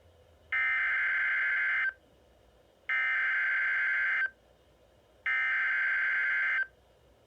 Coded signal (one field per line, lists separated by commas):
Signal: Emergency Alert System (SAME) tones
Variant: header bursts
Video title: Flash Flood Warning On WXM42 6/22/22 (EAS #1305)